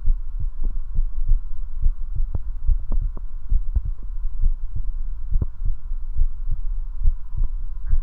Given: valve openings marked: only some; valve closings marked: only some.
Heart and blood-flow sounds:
heart sounds by stethoscope; 69 bpm
0.08 s: heartbeat (ECG mark)
0.16 s: aortic valve opens (echo mark)
0.41 s: aortic valve closes (echo mark)
0.97 s: heartbeat (ECG mark)
1.05 s: aortic valve opens (echo mark)
1.30 s: aortic valve closes (echo mark)
1.84 s: heartbeat (ECG mark)
1.92 s: aortic valve opens (echo mark)
2.16 s: aortic valve closes (echo mark)
2.70 s: heartbeat (ECG mark)
2.78 s: aortic valve opens (echo mark)
3.02 s: aortic valve closes (echo mark)
3.53 s: heartbeat (ECG mark)
3.61 s: aortic valve opens (echo mark)
3.86 s: aortic valve closes (echo mark)
4.44 s: heartbeat (ECG mark)
4.51 s: aortic valve opens (echo mark)
4.76 s: aortic valve closes (echo mark)
5.34 s: heartbeat (ECG mark)
5.42 s: aortic valve opens (echo mark)
5.64 s: aortic valve closes (echo mark)
6.20 s: heartbeat (ECG mark)
6.27 s: aortic valve opens (echo mark)
6.53 s: aortic valve closes (echo mark)
7.06 s: heartbeat (ECG mark)
7.13 s: aortic valve opens (echo mark)
7.91 s: heartbeat (ECG mark)
From the record:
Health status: healthy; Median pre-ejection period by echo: 78 ms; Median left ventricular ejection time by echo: 249 ms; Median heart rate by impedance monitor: 70 bpm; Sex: male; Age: 21 years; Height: 170 cm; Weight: 85 kg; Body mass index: 29.41

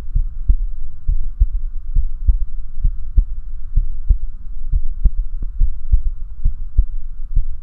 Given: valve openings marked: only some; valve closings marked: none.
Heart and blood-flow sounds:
heart sounds by stethoscope; 67 bpm
0.19 s: heartbeat (ECG mark)
0.22 s: aortic valve opens (echo mark)
1.11 s: heartbeat (ECG mark)
1.15 s: aortic valve opens (echo mark)
1.98 s: heartbeat (ECG mark)
2.87 s: heartbeat (ECG mark)
2.92 s: aortic valve opens (echo mark)
3.80 s: heartbeat (ECG mark)
3.84 s: aortic valve opens (echo mark)
4.75 s: heartbeat (ECG mark)
5.63 s: heartbeat (ECG mark)
6.48 s: heartbeat (ECG mark)
6.52 s: aortic valve opens (echo mark)
7.39 s: heartbeat (ECG mark)
From the record:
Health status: healthy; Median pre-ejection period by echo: 48 ms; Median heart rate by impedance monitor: 66 bpm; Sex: male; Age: 19 years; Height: 170 cm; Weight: 63 kg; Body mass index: 21.80

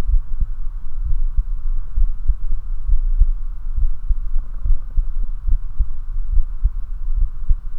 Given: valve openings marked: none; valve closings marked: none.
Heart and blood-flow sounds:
heart sounds by stethoscope; 68 bpm
0.12 s: heartbeat (ECG mark)
1.08 s: heartbeat (ECG mark)
2.00 s: heartbeat (ECG mark)
2.91 s: heartbeat (ECG mark)
3.80 s: heartbeat (ECG mark)
4.68 s: heartbeat (ECG mark)
5.51 s: heartbeat (ECG mark)
6.35 s: heartbeat (ECG mark)
7.20 s: heartbeat (ECG mark)
From the record:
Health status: healthy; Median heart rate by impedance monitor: 68 bpm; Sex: male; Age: 29 years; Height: 170 cm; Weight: 92 kg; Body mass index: 31.83

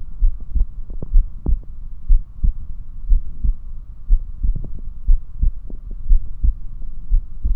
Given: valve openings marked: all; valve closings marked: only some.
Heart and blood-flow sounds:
heart sounds by stethoscope; 61 bpm
0.23 s: heartbeat (ECG mark)
0.30 s: aortic valve opens (echo mark)
1.15 s: heartbeat (ECG mark)
1.21 s: aortic valve opens (echo mark)
1.49 s: aortic valve closes (echo mark)
2.11 s: heartbeat (ECG mark)
2.18 s: aortic valve opens (echo mark)
2.46 s: aortic valve closes (echo mark)
3.11 s: heartbeat (ECG mark)
3.17 s: aortic valve opens (echo mark)
3.45 s: aortic valve closes (echo mark)
4.11 s: heartbeat (ECG mark)
4.19 s: aortic valve opens (echo mark)
4.44 s: aortic valve closes (echo mark)
5.09 s: heartbeat (ECG mark)
5.15 s: aortic valve opens (echo mark)
5.43 s: aortic valve closes (echo mark)
6.11 s: heartbeat (ECG mark)
6.17 s: aortic valve opens (echo mark)
6.45 s: aortic valve closes (echo mark)
7.13 s: heartbeat (ECG mark)
7.20 s: aortic valve opens (echo mark)
From the record:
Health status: healthy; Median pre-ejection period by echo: 64 ms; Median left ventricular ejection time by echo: 281 ms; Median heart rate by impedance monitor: 60 bpm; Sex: male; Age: 21 years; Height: 174 cm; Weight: 70 kg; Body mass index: 23.12

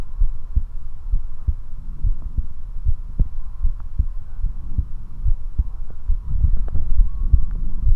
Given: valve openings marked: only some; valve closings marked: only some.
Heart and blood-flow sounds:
heart sounds by stethoscope; 71 bpm
0.23 s: heartbeat (ECG mark)
0.27 s: aortic valve opens (echo mark)
0.57 s: aortic valve closes (echo mark)
1.15 s: heartbeat (ECG mark)
1.19 s: aortic valve opens (echo mark)
2.06 s: heartbeat (ECG mark)
2.11 s: aortic valve opens (echo mark)
2.38 s: aortic valve closes (echo mark)
2.88 s: heartbeat (ECG mark)
2.92 s: aortic valve opens (echo mark)
3.20 s: aortic valve closes (echo mark)
3.66 s: heartbeat (ECG mark)
3.71 s: aortic valve opens (echo mark)
4.00 s: aortic valve closes (echo mark)
4.46 s: heartbeat (ECG mark)
4.51 s: aortic valve opens (echo mark)
4.79 s: aortic valve closes (echo mark)
5.28 s: heartbeat (ECG mark)
5.33 s: aortic valve opens (echo mark)
6.11 s: heartbeat (ECG mark)
6.16 s: aortic valve opens (echo mark)
6.45 s: aortic valve closes (echo mark)
7.01 s: heartbeat (ECG mark)
7.06 s: aortic valve opens (echo mark)
7.88 s: heartbeat (ECG mark)
From the record:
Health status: healthy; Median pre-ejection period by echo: 46 ms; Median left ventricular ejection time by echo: 288 ms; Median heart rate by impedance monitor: 70 bpm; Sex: male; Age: 19 years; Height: 179 cm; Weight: 78 kg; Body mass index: 24.34

